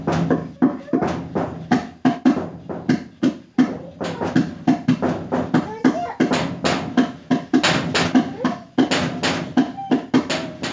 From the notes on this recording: Tapping on doors and ovens.